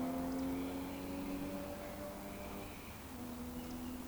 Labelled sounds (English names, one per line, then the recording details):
Eurasian Woodcock whistle
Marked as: whistle, whistle
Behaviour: display flight
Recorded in Baden-Württemberg, Germany, on 13 June 2020 at 19:47 UTC
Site 14569, 102 m above sea level